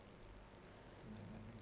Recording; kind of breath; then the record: one breath in and out by a microphone near the nose and mouth; normal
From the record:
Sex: female